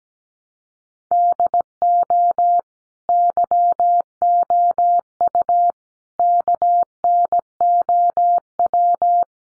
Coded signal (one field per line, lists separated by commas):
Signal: Morse code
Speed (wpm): 17 wpm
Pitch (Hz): 700 Hz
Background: none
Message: DO YOU KNOW